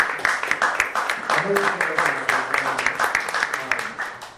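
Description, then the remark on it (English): An audience gives a round of applause to an activist involved in an October global day of action against fracked gas, with steady, dense clapping that keeps up at an even level for the whole stretch, with a few voices faintly mixed in beneath the claps. “So in October, there was a global day of action, and I would actually like if we could all give a round of applause”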